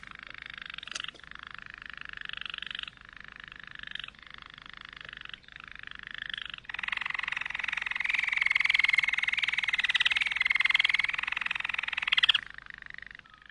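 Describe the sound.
Canary singing in rapid rolls, the trill shifting to a new tour every second or two before a louder, sustained buzzing stretch in the second half.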